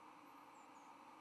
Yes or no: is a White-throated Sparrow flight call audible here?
no